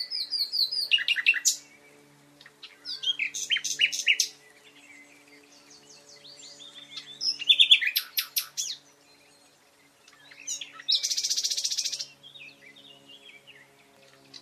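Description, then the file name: Common nightingale song with contrasting phrases: sweeping whistles, chattering note clusters, and a harsh buzzy rattle lasting about a second, separated by brief silences. "Luscinia megarhynchos"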